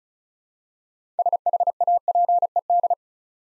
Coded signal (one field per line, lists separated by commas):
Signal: Morse code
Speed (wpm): 36 wpm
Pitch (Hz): 700 Hz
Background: none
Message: SHAPED